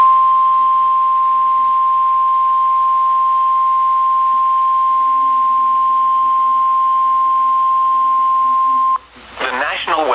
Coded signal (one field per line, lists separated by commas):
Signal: Emergency Alert System (SAME) tones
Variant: 1050 Hz attention tone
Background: speech